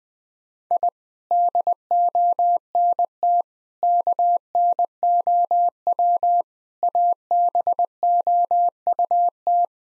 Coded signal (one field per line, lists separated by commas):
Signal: Morse code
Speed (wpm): 20 wpm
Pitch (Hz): 700 Hz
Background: none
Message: I DONT KNOW ABOUT